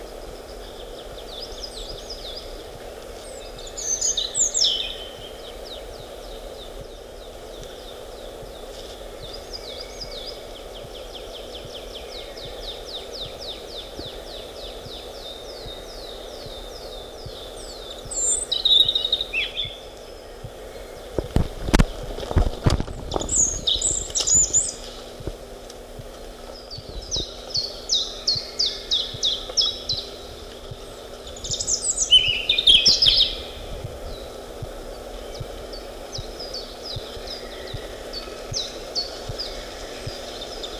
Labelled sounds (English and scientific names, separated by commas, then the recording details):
European Robin (Erithacus rubecula) song
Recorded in the wild
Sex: male
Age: adult
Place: Strausberg, Brandenburg, DE
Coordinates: 52.6167, 13.8833
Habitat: lake
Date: 1969-04-26 14:00
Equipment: Uher 4200, Telefunken-Mikrofon, Vorverstärker 2
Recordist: Tembrock, Günter